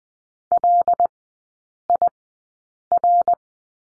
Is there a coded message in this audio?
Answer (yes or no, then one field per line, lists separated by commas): yes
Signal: Morse code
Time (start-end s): 0.5-3.3 s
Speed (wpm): 20 wpm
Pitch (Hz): 700 Hz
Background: none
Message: LIR